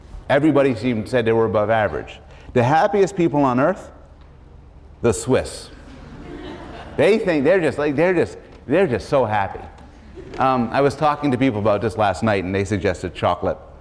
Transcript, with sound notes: everybody seemed — said they were above average. The happiest people on earth? The Swiss. [laughter] They think — they're just like — they're just so happy. I was talking to people about this last night and they suggested chocolate.